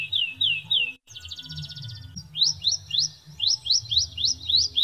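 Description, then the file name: Canary singing high trilled phrases, a fast buzzy roll, then a string of repeated upswept notes, with a constant low hum underneath. Canary song in the 'isian glawing' style. "suara kenari isian glawing omkicau"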